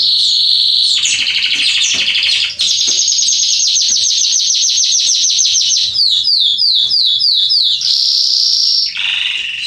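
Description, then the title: Belgian canary singing a continuous medley: buzzy trill, fast high pulsed trill, a string of descending slurred whistles, then a steady high whistle. Male Belgian canary singing a lot, used to warm up and train young canaries. "Canary Training Esquente Seu Filhote E Canario Belga Macho Cantando Muito. CANTO DO CANRIO"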